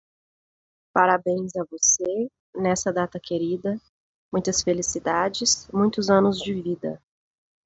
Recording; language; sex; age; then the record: short text; Brazilian Portuguese; female; 20 to 29 years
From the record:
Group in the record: control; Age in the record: 29 years